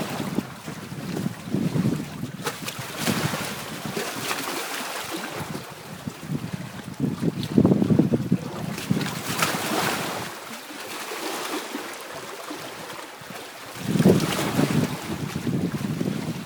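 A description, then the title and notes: Waves slosh and lap against a jetty in uneven surges, with low wind rumble and louder splashes near eight and fourteen seconds. Waves at Östersjö brygga by pelles.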